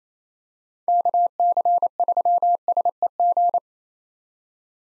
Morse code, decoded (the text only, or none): KC3SEG